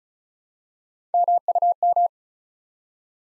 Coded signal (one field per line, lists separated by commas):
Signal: Morse code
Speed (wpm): 36 wpm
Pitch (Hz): 700 Hz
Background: none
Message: MUM